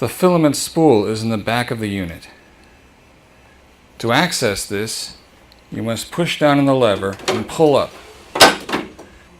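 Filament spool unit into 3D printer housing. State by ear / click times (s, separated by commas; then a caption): seated / 8.4 s. Someone talks while the lever at the back of a 3D printer is pushed down and the filament spool unit is pulled up. A sharp, loud knock at 8.4 s marks the filament spool unit locking into place in the 3D printer housing.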